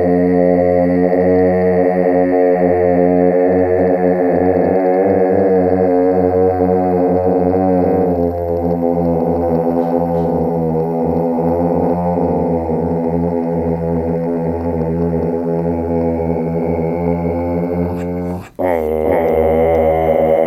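Low droning throat singing with stacked overtones that slowly swirl and shift under a phasing sweep, steady, briefly cut near eighteen seconds.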